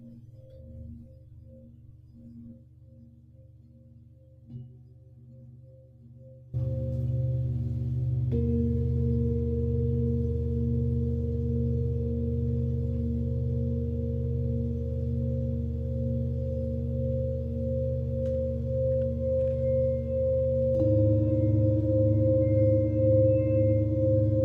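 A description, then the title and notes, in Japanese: Singing bowls ring with low, sustained, humming tones that overlap and hold steady. The opening is quiet with soft pulsing, then around six seconds the sound swells much louder and fuller, and another bowl joins near twenty-one seconds, adding a brighter tone on top. 日曜の朝のメキシコより シンギングボウルのサウンドヒーリング。3000年の歴史のあるチベタンシンギングボウル。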